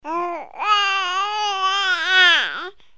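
Two sustained, tonal wails from an infant, pitched around 350–400 Hz with bright, ringing overtones, separated by a brief catch of breath, then a falling pitch at the end. An ordinary infant cry with strong, clear voicing.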